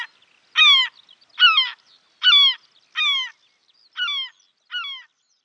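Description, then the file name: European herring gull giving a series of harsh, slightly falling calls, a little faster than one a second. "mewasrebrzysta"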